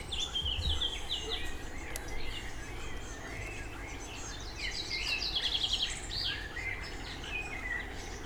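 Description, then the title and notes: Birds: quick, high twittering notes and short trills over a low background hum. Birdsong at the Motz leisure base, Motz, France. "922 Rte de L’Ia, 73310 Motz, France - oiseaux et grenouilles. Base de loisir de Motz chants d'oiseaux coassements de grenouilles"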